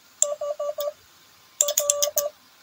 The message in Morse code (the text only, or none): HR